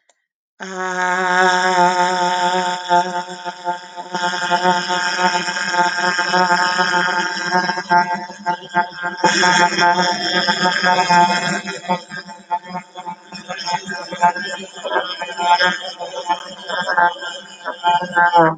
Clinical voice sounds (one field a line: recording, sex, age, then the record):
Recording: vowel held as long as possible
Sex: female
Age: 30 to 39 years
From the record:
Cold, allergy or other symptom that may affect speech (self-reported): no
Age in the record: 35 years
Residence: Arizona, United States